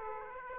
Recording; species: mosquito wingbeat signal from an infrared sensor; Aedes aegypti